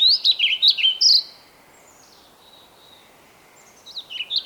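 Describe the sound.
Bird song: a brief, bright burst of slurred whistles at the start, a faint high thin note in the pause, then another phrase beginning at the end.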